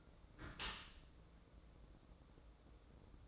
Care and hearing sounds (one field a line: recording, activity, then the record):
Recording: daily activity, microphone in the room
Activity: close dishwasher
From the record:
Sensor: 3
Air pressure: 1012.3 hPa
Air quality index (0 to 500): 167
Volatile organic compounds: 2 ppm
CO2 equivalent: 1276 ppm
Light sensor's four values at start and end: 559/1380/569/573 and 560/1383/571/574